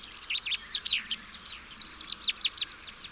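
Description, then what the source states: Bird song: a rapid, continuous run of high twittering notes that sweep up and down. Chirping bird song meant for training pet birds.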